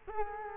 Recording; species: mosquito wingbeat signal from an infrared sensor; Culex quinquefasciatus